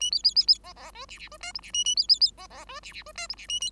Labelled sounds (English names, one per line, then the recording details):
Bengalese Finch song
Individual Bird5